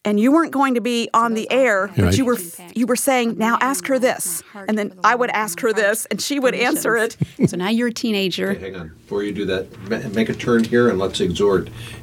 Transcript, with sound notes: You weren’t going to be on the air, but you were saying, “Now, ask her this.” And then I would “ask her this,” and she would answer it. (recording of her first on-air interview) So now you’re a teenager...
Okay, hang on now, before you do that, make a turn here and let us exhort...